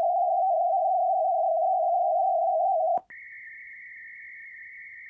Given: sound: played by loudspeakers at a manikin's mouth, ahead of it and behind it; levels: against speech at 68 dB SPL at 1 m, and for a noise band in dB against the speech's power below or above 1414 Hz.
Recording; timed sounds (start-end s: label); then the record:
test signals for a remote microphone
0.00-2.98 s: noise band at 707 Hz, +10 dB
3.10-5.10 s: noise band at 2000 Hz, +10 dB
From the record:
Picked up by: measurement microphone